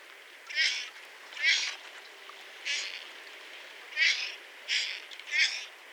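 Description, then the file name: Audouin's gull: rough, scratchy calls of an Audouin's gull, six hoarse bursts at uneven intervals, the last three coming in quicker succession. Deep rasping calls. "Goéland d Audouin (Ichthyaetus audouinii) - Cris râpeux profonds"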